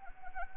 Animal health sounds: mosquito wingbeat signal from an infrared sensor; Anopheles arabiensis

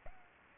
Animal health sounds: mosquito wingbeat signal from an infrared sensor; Culex pipiens

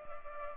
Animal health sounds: mosquito wingbeat signal from an infrared sensor; Culex pipiens

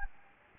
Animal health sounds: mosquito wingbeat signal from an infrared sensor; Anopheles gambiae

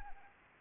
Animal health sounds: mosquito wingbeat signal from an infrared sensor; Anopheles arabiensis

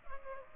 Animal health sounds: mosquito wingbeat signal from an infrared sensor; Culex pipiens

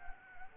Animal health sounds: mosquito wingbeat signal from an infrared sensor; Anopheles arabiensis

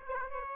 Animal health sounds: mosquito wingbeat signal from an infrared sensor; Aedes aegypti

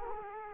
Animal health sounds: mosquito wingbeat signal from an infrared sensor; Culex quinquefasciatus

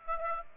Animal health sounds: mosquito wingbeat signal from an infrared sensor; Aedes aegypti

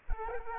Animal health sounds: mosquito wingbeat signal from an infrared sensor; Culex quinquefasciatus

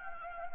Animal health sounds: mosquito wingbeat signal from an infrared sensor; Anopheles gambiae

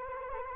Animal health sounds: mosquito wingbeat signal from an infrared sensor; Anopheles arabiensis

